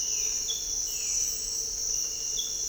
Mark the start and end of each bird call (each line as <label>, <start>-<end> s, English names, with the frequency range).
Violaceous Jay (1.9-3.6 kHz), 0.00-1.35 s